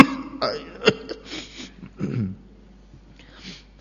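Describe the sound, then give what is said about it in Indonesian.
A few rough, throaty coughs and throat-clearing bursts, a so-called Hajj cough, come in an uneven cluster, followed by quieter breathy noise as the sound trails off. “Batuk Haji.”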